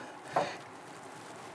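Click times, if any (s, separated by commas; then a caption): none. A wiring harness electrical connector is lined up and pushed onto the fuel pump module of a 2002-2008 Dodge Ram 1500. A brief handling sound is heard around 0.4 s over a low, steady background. Nothing has seated or clicked yet.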